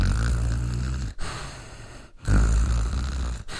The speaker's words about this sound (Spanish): Una voz. Desde los pulmones escuchaba esa respiración monstruosa. Era la voz de los mocos. Ese sonido a cañería tapada, dura, de paredes sensibles.